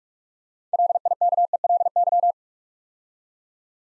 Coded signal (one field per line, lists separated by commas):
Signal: Morse code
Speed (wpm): 44 wpm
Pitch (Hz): 700 Hz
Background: none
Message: LIKELY